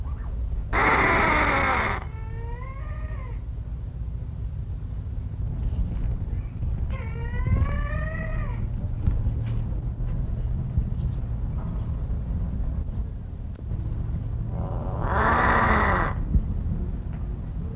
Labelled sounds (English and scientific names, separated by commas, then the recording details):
Harris's Hawk (Parabuteo unicinctus) call
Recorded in captivity
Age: adult
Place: Tierpark Berlin, Berlin, DE
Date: 1968-08-10
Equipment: Halbspur, 9,5 cm/s
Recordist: Lütgens, Hans